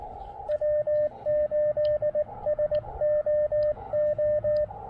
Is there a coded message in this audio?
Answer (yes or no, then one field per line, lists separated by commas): yes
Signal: Morse code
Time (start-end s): 0.5-4.6 s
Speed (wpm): 19 wpm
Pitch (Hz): 590 Hz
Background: radio noise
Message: W8SOO